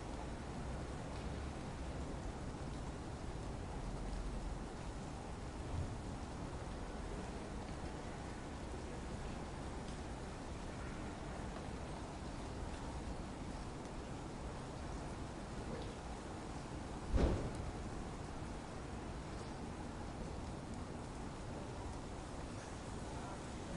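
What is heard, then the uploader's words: A steady wash of rainy city noise fills the clip, dense and even, weighted toward a low rumble with a soft hiss above. The level barely changes throughout. One sharp knock or thump stands out around seventeen seconds, with a fainter bump near six seconds. Rainy city white noise, urban white noise, city rainfall, ambient city sounds, rain noise.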